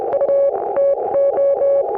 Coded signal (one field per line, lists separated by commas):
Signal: Morse code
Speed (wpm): 27 wpm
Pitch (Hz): 560 Hz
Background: music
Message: U TO